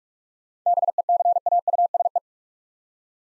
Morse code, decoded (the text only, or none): BECAUSE